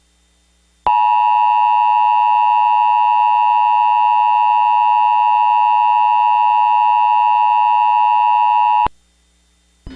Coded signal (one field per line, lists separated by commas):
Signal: Emergency Alert System (SAME) tones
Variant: 853 and 960 Hz attention tone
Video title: (VALID TONES) Creeper Cable Emergency Alert System - Illinois Required Monthly Test (March 4, 2008)